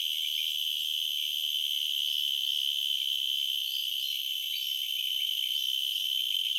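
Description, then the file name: Cicada song, an unbroken piercing drone of even loudness across the whole stretch. "Purana latifascia"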